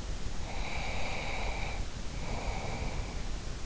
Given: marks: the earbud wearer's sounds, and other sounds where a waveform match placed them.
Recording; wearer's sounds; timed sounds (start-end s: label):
sounds in sleep by an in-ear microphone; breath
0.39-3.49 s: breath